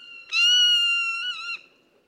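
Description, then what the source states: Zone-tailed Hawk giving a single long scream, held level for over a second, with a brief waver near the end. American Southwest; soars among turkey vultures while hunting live prey such as doves and lizards.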